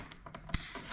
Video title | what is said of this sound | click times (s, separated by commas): Kinnettic Kreations True plug and play turn signal kit ZForce 800 EX Trail/Sport Gen 2 | So it clicks. | 0.5 s